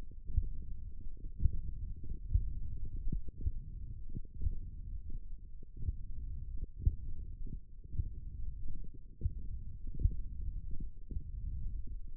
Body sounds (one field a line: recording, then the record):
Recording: forearm muscle sounds (acoustic myography)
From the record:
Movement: finger pinch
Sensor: system 1, eight BSWA MPA416 microphones around the upper forearm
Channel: 3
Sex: male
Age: 21 years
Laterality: right